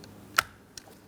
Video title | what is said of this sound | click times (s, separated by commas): How to Replace Front Door Lock Actuator 2003-2007 Cadillac CTS | Audible click from that, and it's secure. | 0.4 s